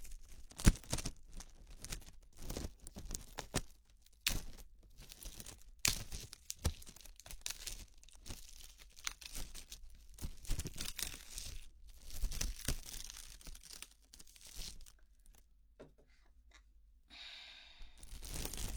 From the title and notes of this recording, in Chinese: 泡沫保鲜膜揉耳 耳边碎碎念。